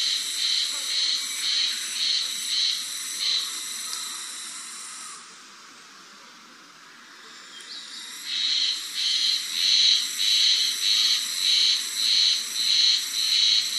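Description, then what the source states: Japanese spring cicada calling in rhythmic buzzy pulses, nearly two per second, breaking off for a few seconds midway before the pulsing resumes strongly. Recorded 19 May 2011.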